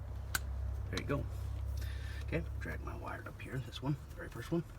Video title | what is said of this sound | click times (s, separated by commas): 1997 Honda Civic | listen to the click there | 0.3 s